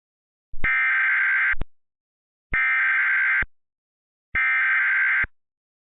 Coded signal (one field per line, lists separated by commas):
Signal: Emergency Alert System (SAME) tones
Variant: header bursts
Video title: EAS Remake: hazardous materials ￼￼